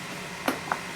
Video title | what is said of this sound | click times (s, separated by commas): How To Tune Up Honda GCV Mower Engines using the kit. Oil Change, Spark Plug, Filter & Blade Sharpen | push and the little Clips will snap into place | 0.5 s, 0.7 s